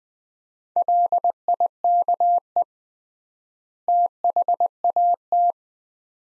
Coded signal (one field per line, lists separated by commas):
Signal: Morse code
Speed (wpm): 20 wpm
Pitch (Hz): 700 Hz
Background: none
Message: LIKE THAT